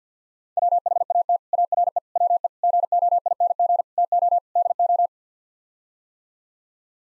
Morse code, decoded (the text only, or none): WHAT ARE WE GOING TO DO